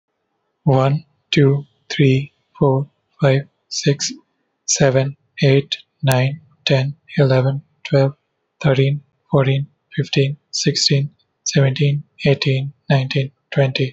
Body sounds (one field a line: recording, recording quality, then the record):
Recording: counting at a normal pace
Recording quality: excellent, no background noise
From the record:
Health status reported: healthy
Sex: male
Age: 27 years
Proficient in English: yes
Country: India